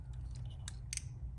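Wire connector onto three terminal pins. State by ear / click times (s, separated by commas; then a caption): seated / 0.7 s, 0.9 s, 1.0 s. A new wire connector is slid onto three held terminal pins and snaps on with three sharp clicks at 0.7, 0.9 and 1.0 seconds over a low steady hum. The connector is seated on the pins.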